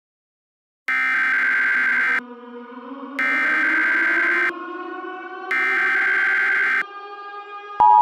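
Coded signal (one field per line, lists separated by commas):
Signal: Emergency Alert System (SAME) tones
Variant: header bursts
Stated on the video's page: Simulated EAS scenario.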